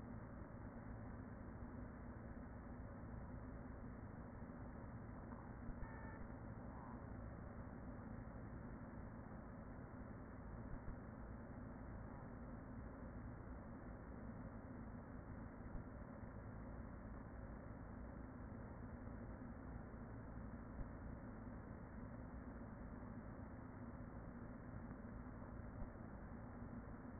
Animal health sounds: honeybee colony, microphone inside the hive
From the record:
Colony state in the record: queen present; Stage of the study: after two queens were removed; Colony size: about 40,000 bees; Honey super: no

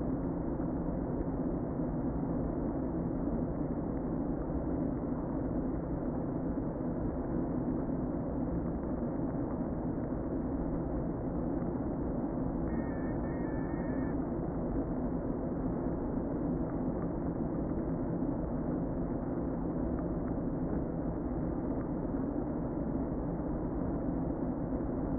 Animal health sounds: honeybee colony, microphone inside the hive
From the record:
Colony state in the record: queen present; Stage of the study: before two queens were removed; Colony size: about 60,000 bees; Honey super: yes

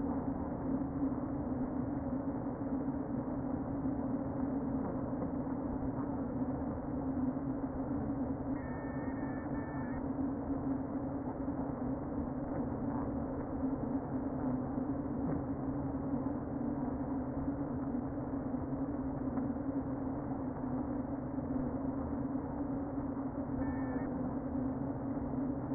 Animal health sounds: honeybee colony, microphone inside the hive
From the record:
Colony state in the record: queen present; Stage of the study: before two queens were removed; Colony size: about 60,000 bees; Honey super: yes

